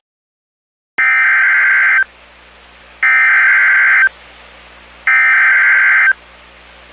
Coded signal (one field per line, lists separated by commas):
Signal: Emergency Alert System (SAME) tones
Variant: header bursts